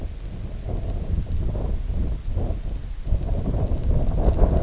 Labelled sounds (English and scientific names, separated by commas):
none